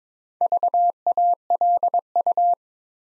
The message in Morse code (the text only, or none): VALU